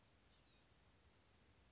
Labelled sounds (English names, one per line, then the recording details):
Blue-gray Gnatcatcher
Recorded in Sonoma County, California